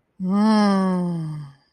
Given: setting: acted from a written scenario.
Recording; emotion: vocal sound without words; desire